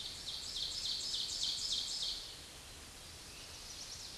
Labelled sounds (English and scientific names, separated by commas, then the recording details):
Ovenbird (Seiurus aurocapilla) song
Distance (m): 30 m
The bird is about 10 m above the microphone
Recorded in a Pennsylvania forest on 16 May 2024 at 07:11
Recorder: AudioMoth, point MSD-1539
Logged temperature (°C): 16.0 °C
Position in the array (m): 147 m, 6 m